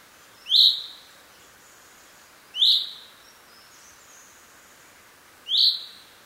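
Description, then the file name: Common chaffinch call: three short bright notes a few seconds apart, over a steady background hiss. "Fringilla coelebs"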